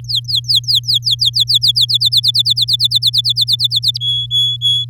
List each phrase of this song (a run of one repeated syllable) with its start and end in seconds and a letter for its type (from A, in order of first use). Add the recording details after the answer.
0.04-1.85 A, 1.89-3.97 B, 4.00-4.85 C. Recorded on 9 May 2018 at 14:30. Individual llb16